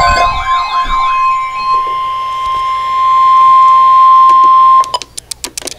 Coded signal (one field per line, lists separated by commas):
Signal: Emergency Alert System (SAME) tones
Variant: 1050 Hz attention tone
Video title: Severe Thunderstorm Watch #334 - EAS #690